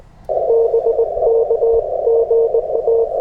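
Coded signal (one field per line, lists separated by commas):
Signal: Morse code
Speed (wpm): 19 wpm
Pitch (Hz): 460 Hz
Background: none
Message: BK GT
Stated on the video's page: CW Parks on the Air activation, multi-operator.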